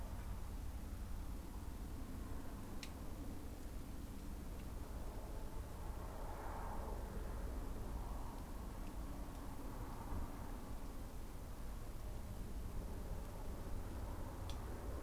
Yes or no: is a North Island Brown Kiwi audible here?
no